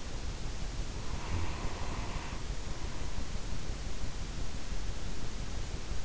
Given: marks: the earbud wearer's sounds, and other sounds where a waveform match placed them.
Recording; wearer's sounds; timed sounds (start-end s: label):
sounds in sleep by an in-ear microphone; breath
0.86-3.35 s: breath